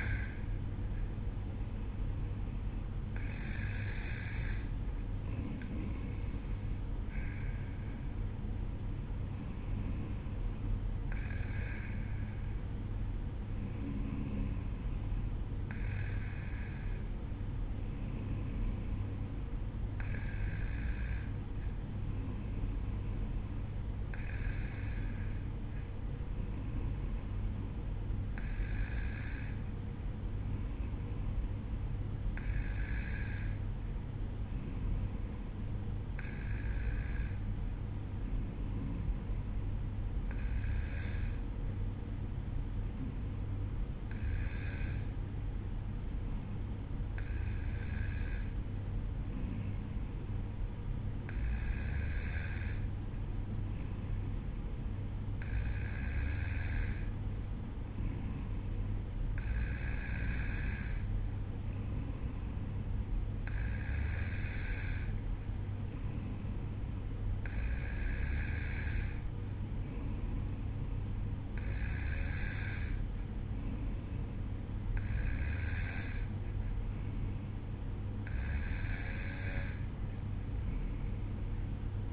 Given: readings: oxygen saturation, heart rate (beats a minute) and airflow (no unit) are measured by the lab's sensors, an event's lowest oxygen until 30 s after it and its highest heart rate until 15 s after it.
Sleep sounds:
breathing in sleep by a smartphone at the bedside; none
none scored
From the record:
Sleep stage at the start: N2 (light sleep); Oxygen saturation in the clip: 92 to 94%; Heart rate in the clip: 54 to 57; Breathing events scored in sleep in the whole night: 305 in 9.6 hours asleep

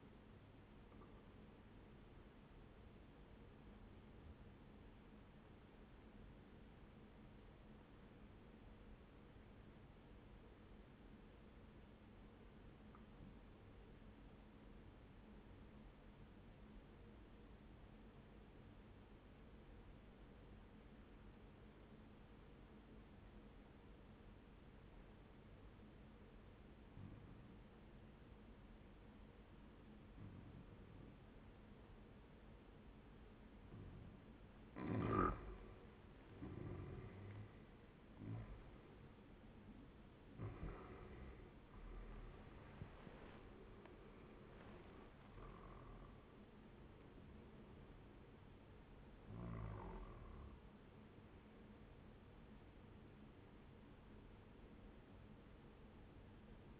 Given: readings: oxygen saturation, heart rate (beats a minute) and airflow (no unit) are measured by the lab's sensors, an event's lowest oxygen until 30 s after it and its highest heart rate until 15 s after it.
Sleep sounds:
breathing in sleep by a voice recorder at the bedside; 1
4.00-35.40 s: obstructive apnea (N1, oxygen 97% highest, then 92% lowest, heart rate 70 at the start, 81 highest)
From the record:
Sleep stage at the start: N1 (lightest sleep); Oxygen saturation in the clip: 94 to 97%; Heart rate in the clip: 64 to 81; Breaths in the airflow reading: 5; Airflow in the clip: -12.4 to 13.6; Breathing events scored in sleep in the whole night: 131 in 7.2 hours asleep

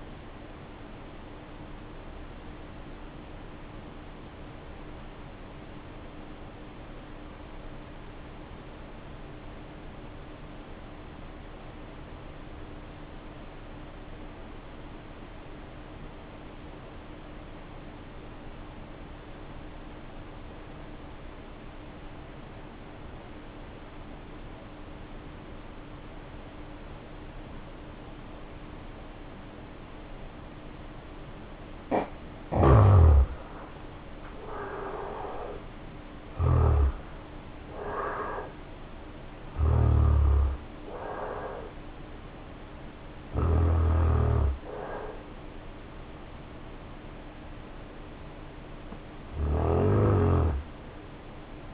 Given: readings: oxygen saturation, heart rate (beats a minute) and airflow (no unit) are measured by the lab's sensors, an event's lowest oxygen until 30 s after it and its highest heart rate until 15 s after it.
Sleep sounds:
breathing in sleep by a voice recorder at the bedside; 1
7.00-33.50 s: obstructive apnea (N2, oxygen 92% highest, then 74% lowest, heart rate 52 at the start, 75 highest)
7.00-51.74 s: new sleep stage, N2 (light sleep)
From the record:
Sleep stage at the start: N1 (lightest sleep); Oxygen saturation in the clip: 75 to 92%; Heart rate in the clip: 49 to 75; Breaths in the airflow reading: 6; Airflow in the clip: -1.5 to 2.2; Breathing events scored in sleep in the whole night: 520 in 7.2 hours asleep

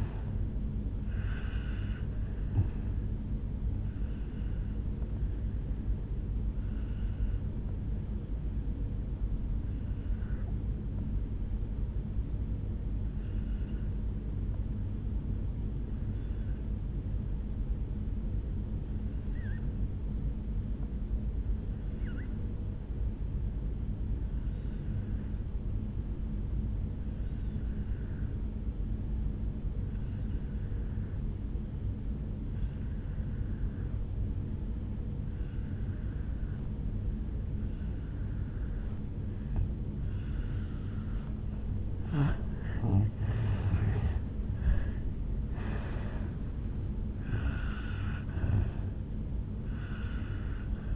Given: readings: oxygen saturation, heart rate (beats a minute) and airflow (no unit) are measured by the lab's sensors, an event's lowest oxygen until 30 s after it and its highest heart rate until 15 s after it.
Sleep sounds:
breathing in sleep by a smartphone at the bedside; 1
10.00-40.70 s: obstructive apnea (N1, oxygen 97% highest, then 85% lowest, heart rate 51 at the start, 73 highest)
14.00-44.00 s: new sleep stage, N2 (light sleep)
44.00-50.96 s: new sleep stage, N1 (lightest sleep)
From the record:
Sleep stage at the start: N1 (lightest sleep); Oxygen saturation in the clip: 81 to 97%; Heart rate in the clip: 51 to 75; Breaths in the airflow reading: 3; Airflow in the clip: -11.0 to 7.6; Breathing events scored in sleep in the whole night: 449 in 7.0 hours asleep

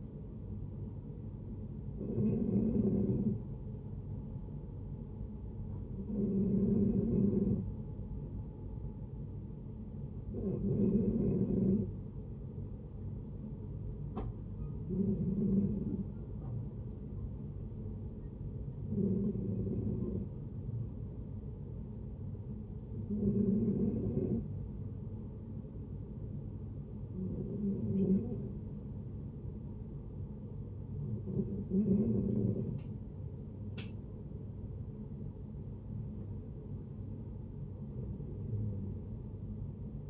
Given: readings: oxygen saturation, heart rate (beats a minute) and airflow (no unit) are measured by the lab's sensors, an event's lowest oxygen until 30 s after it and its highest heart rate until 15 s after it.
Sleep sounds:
breathing in sleep by a smartphone at the bedside; none
38.00-40.10 s: new sleep stage, N1 (lightest sleep)
From the record:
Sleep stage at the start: N2 (light sleep); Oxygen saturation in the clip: 90 to 92%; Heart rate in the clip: 59 to 69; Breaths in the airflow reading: 9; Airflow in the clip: -7.6 to 7.6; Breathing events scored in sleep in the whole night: 496 in 5.4 hours asleep

